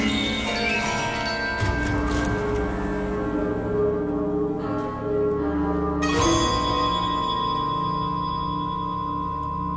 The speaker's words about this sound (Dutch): Kerkklokken hoor ik hier, hè?